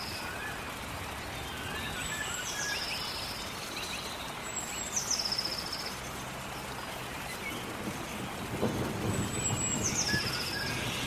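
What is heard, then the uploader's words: Steady rain hisses through the forest, a dense, even wash with a low rumble underneath that swells briefly around the ninth second. High bird calls ring out over it, short descending phrases near the start, around five seconds, and again near ten seconds. Planet Earth Rain | Relaxing Sounds in a forest. The sound of a rainstorm and earthly lifeforms in the forest.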